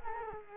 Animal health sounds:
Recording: mosquito wingbeat signal from an infrared sensor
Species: Culex quinquefasciatus

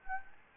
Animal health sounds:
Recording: mosquito wingbeat signal from an infrared sensor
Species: Anopheles gambiae

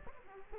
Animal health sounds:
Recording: mosquito wingbeat signal from an infrared sensor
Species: Aedes aegypti

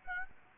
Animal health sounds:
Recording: mosquito wingbeat signal from an infrared sensor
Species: Aedes aegypti

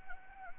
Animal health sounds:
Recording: mosquito wingbeat signal from an infrared sensor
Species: Anopheles gambiae

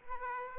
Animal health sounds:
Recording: mosquito wingbeat signal from an infrared sensor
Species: Aedes aegypti

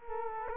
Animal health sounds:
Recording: mosquito wingbeat signal from an infrared sensor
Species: Culex quinquefasciatus

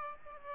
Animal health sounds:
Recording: mosquito wingbeat signal from an infrared sensor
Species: Aedes aegypti

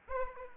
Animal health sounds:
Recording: mosquito wingbeat signal from an infrared sensor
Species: Aedes aegypti

